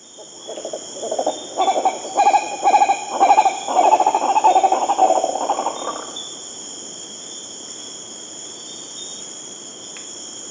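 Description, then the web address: Green Ibis call: a rolling series of low, hollow notes that builds and then fades, over a constant high insect hum. Venezuela. "Birds of the Amazon. Green Ibis (Mesembrinibis cayennensis), Venezuela"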